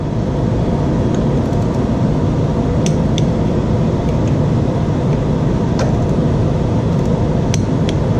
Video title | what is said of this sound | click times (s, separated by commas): Ducabike Install on Ducati 1199 Panigale | tighten it till it clicks okay | 2.9 s, 3.2 s, 7.5 s, 7.9 s